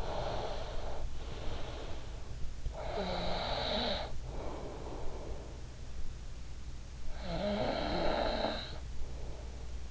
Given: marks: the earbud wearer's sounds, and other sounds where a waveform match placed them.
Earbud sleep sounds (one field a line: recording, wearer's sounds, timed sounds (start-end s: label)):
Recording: sounds in sleep by an in-ear microphone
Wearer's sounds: breath, snoring breath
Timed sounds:
0.00-2.24 s: breath
2.73-5.65 s: breath
6.98-9.74 s: snoring breath